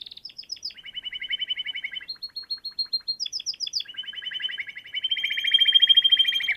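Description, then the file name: Canary song with rapid trills changing pitch in steps, short high bursts between longer lower rolls, ending in a louder dense trill. Canary song for training other birds (masteran). "Suara Burung Kenari untuk Masteran Ampuh"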